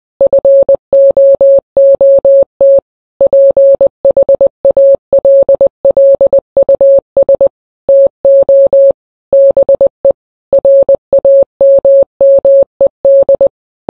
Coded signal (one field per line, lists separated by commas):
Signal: Morse code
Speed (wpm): 20 wpm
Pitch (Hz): 550 Hz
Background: none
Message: FOOT PHALLUS TO BE RAMMED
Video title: morse code message from high command